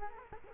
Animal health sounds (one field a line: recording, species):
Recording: mosquito wingbeat signal from an infrared sensor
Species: Culex quinquefasciatus